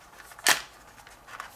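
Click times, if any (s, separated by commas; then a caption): 0.5 s. The final fold of a folded paper polyhedron, an origami geometric toy called the Knick Knack or imperfect polyhedron, is pushed together until its paper flap locks. A sharp, bright click at 0.5 s marks it seating into place, with faint paper ticks around 0.2 s, 0.4 s and 1.4 s.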